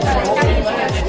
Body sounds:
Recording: background sound without coughing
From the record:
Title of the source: Nightlife Party Simulating Party Club Noise 1 Hour

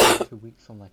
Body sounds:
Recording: coughing mixed with background sound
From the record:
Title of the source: 61 morning phlegmy cough...again

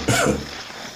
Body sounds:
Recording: coughing mixed with background sound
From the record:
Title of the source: Spring Cold Coughing.

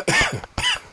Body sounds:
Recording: coughing mixed with background sound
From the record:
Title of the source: Dry Afternoon Cough

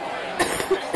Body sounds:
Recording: coughing mixed with background sound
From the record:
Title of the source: 30 Chesty and wet cough

